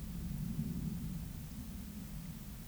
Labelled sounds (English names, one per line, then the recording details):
Eurasian Woodcock whistle
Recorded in Baden-Württemberg, Germany, on 11 June 2021 at 20:17 UTC
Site 24606, 635 m above sea level